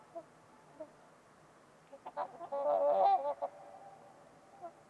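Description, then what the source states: Trumpeter swans break from quiet into a dense, loud burst of overlapping horn-like honks lasting over a second, with a few isolated notes around it. Trumpeter swans on a winter's eve at Winters Lake in a deep, silent valley, with distant white noise.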